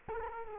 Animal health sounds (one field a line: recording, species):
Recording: mosquito wingbeat signal from an infrared sensor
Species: Culex quinquefasciatus